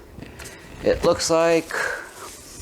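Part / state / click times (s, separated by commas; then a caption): monitor stand piece onto monitor stand/arm / not seated / none. A plastic stand piece for an LG UltraWide 34WP50S-W monitor is handled and pressed onto the monitor stand/arm while someone talks. Nothing has seated or clicked yet; the clip ends just before the part pops into place.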